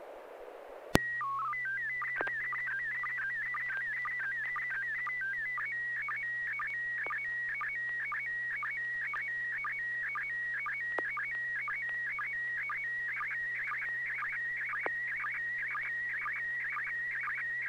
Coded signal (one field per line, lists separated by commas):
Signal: SSTV (slow-scan television)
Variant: PD 120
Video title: N6NA SSTV Net - 07/28/2021